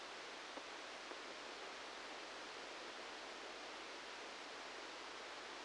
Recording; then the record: brain microelectrode recording played as sound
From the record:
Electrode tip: outside the subthalamic nucleus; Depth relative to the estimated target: -8 mm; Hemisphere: right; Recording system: NeuroSet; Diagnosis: Parkinson's disease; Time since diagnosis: 7 years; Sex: male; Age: 44 years